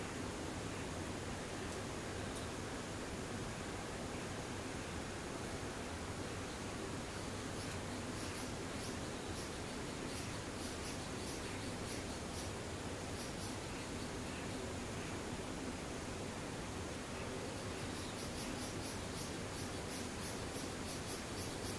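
Cicadas drone over a thick, steady wash of noise that fills the whole clip at an even level. Bright, rapid pulsing buzzes flicker high above, coming and going through the middle and growing denser near the end, from about eighteen seconds on.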